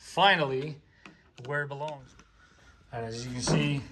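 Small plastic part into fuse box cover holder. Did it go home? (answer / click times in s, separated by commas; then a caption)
no / none. A small plastic part is handled at its holder opening on an aftermarket fuse box cover for a Toyota 4Runner. Someone talks throughout, with faint handling noises between phrases. The part has not seated or clicked yet.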